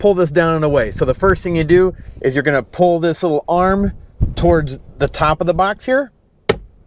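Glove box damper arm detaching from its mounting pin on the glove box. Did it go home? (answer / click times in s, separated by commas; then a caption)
released / 6.5 s. Someone talks while pulling the small damper arm on the side of a Bronco's emptied plastic glove box toward the top of the box, as part of removing the glove box to reach the cabin air filter. At 6.5 s a sharp pop is heard as the arm comes off its mounting pin, leaving the arm free.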